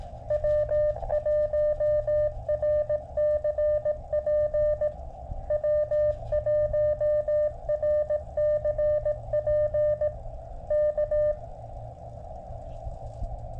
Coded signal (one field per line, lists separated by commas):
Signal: Morse code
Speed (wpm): 17 wpm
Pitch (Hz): 590 Hz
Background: music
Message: W1RCP W1RCP K